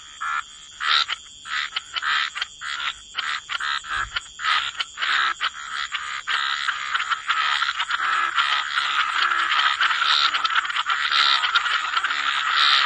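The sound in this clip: Frogs croaking, separate rasping bursts at first, building into a continuous overlapping chorus, with a constant high hiss.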